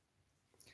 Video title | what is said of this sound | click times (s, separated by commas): Circuit assembling and first attempt to stream it live | now it click clicked in | 0.6 s